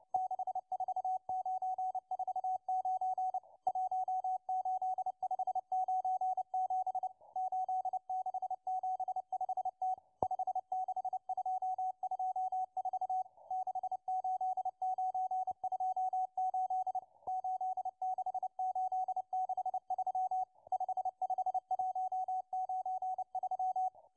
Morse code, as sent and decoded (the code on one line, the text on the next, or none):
-.... ....- ----. ....- ----. / .---- ---.. ..... ----. --... / ---.. -.... --... ..... - / ..... -.... ..--- ..--- ....- / -.... ---.. ----. ..--- ---.. / ---.. -.... ---.. -.... ...-- / ..... ..... .---- ----. ...--
64949 18597 8675T 56224 68928 86863 55193